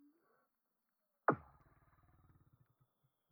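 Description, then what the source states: Weddell seal call: a sudden loud onset followed by a rapid train of low pulses that gradually slows and fades over two seconds. Antarctica.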